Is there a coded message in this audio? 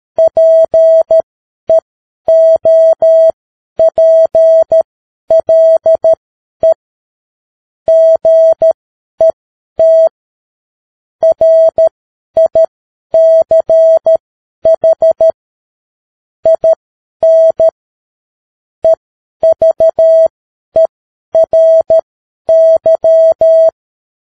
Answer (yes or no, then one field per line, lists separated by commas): yes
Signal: Morse code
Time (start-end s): 0.2-23.7 s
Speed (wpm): 13 wpm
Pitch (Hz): 650 Hz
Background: none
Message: PEOPLE GET RICH IN EVERY